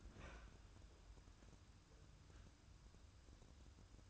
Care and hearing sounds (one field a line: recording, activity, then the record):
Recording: daily activity, microphone in the room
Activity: open fridge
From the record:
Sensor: 2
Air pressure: 994.3 hPa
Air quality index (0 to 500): 212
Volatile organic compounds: 1000 ppm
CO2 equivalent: 7026 ppm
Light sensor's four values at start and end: 139/334/141/147 and 116/276/116/119